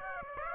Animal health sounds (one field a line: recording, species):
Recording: mosquito wingbeat signal from an infrared sensor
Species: Aedes aegypti